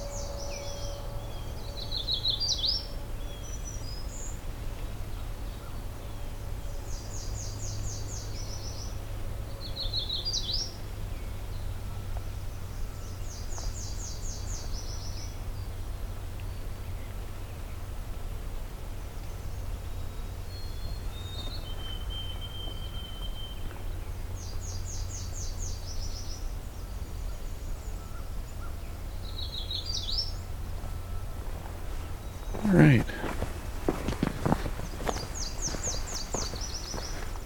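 A morning walk through a nature preserve, with a low steady hum underneath and a soft constant hiss. Short, bright bird calls come every few seconds throughout. Around the thirty-three second mark, a brief burst of rustling and knocking sounds, like footsteps or brushing past branches.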